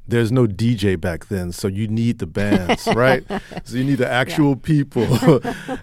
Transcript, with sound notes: I mean, there's no DJ back then, so you need the bands, right?
(Laughter) Yeah.
So you need the actual people.